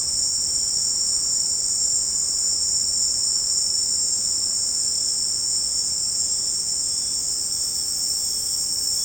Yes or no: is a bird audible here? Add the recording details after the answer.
no. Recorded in pastures near Puerto Asís, Putumayo, Colombia, on 29 June 2025 at 18:00. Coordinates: 0.496, -76.326. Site GP01